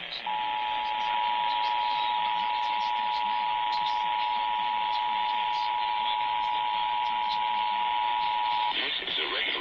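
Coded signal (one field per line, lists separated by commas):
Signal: Emergency Alert System (SAME) tones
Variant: 853 and 960 Hz attention tone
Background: speech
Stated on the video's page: EAS tests from December, including relays from KLIX in South Idaho for the RMT, some DX alerts and HD alerts.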